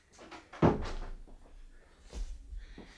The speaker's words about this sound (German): Machen Sie die Tür zu.